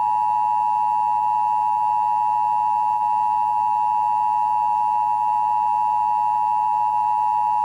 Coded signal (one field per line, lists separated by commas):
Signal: Emergency Alert System (SAME) tones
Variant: 853 and 960 Hz attention tone